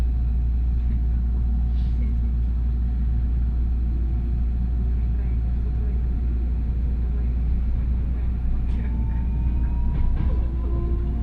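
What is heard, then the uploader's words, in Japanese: A train ride, with a steady, heavy low rumble filling the whole clip at an even level. Faint tones slide slowly upward through the middle, and a few brief clicks and rattles appear around two seconds and again near nine and ten seconds. 鉄道旅 大物→梅田→蛍池→大阪空港。蛍池で大阪モノレールに乗り換えて１駅先の大阪空港へと向かいます。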